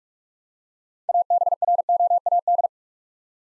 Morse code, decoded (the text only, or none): ABROAD